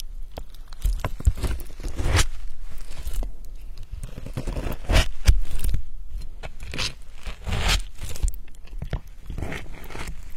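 Vegetables are being cut, with an irregular run of crunchy, scraping knife strokes filling all ten seconds. Sharper thuds of the blade stand out near 1, 2 and 5 seconds, while softer slicing and rasping sounds continue unevenly between them.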